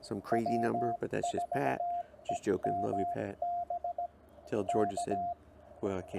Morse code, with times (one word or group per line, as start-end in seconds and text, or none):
0.3-4.1 W4EMB
4.7-5.3 K